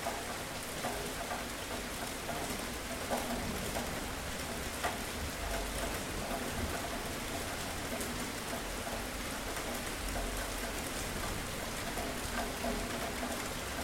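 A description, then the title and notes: Steady, dense rain pours throughout, a constant hiss across the whole range with a low rumble underneath. Sharper drips and taps stand out now and then, like drops striking a gutter, especially around the third, fifth and seventh seconds. Thunder and rain pouring sound effect. In the background of rainy weather with thunder, you can also hear raindrops hitting the gutter.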